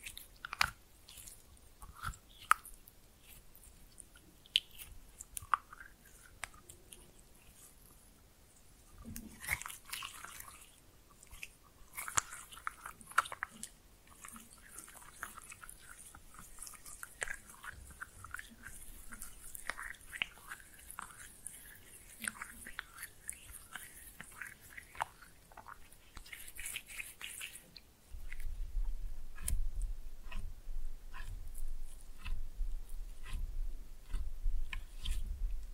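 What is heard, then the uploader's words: Slime being pressed and mixed, with frequent sticky clicks, pops and squelches scattered throughout and no talking. The sounds grow busier and hissier from about 9 to 28 seconds, then a steady low rumble sets in under softer squishing for the final stretch. Slime No Talking (Pressing and Mixing).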